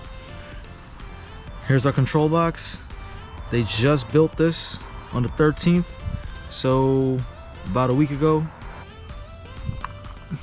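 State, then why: Seated. A gauge cable plug on the wiring harness is pushed into the gauge control box of a P3 gauge being installed in a BMW M3/M4; the box was built on the 13th, about a week earlier. Someone talks over background music, then a sharp click sounds at 9.9 s as the plug clicks right in and seats.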